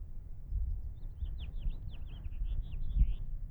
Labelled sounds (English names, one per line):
House Finch song